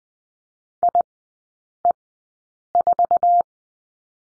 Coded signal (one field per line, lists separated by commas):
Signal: Morse code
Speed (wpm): 19 wpm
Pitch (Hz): 700 Hz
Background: none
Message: IE4